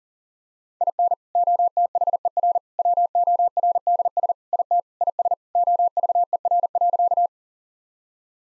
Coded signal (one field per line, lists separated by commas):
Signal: Morse code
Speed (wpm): 40 wpm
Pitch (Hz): 700 Hz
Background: none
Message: IN OTHER WORDS IT IS OVER.